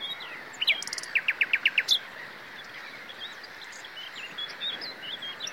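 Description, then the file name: Common nightingale phrase of about six sharp, evenly repeated piping notes in quick succession, followed by faint, softer notes and background hiss. "Luscinia megarhynchos"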